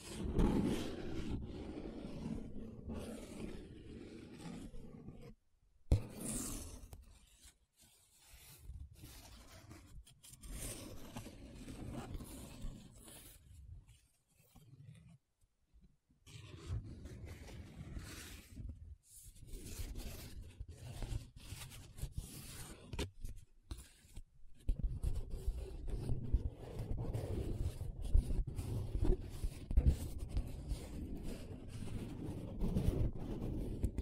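Paper being rubbed, scratched and traced in uneven strokes, a low rough scraping that keeps starting and stopping. Brief silent gaps break it up, around 6, 15 and 24 seconds. The rubbing is denser and steadier in the last ten seconds.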